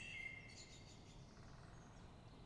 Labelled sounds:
Great Spotted Woodpecker (Dendrocopos major)
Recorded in Germany
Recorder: ecoPi

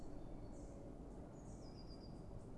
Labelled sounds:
Eurasian Blue Tit (Cyanistes caeruleus)
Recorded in Germany
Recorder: ecoPi

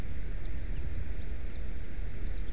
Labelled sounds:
Common Chaffinch (Fringilla coelebs)
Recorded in Germany
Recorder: ecoPi

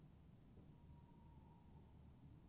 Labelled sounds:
Tawny Owl (Strix aluco)
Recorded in Germany
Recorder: ecoPi

